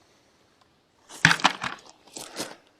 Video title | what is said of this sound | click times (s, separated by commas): How to use lots of lemons ep 13 | Snaps into place and these | 1.2 s